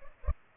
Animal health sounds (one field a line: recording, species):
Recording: mosquito wingbeat signal from an infrared sensor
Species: Culex pipiens